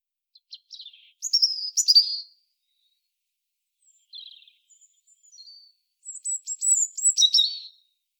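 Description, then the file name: European robin song: short sweet phrases of high warbles and thin notes, a quiet pause, then a bright, rapidly trilled closing phrase. "Erithacus rubecula"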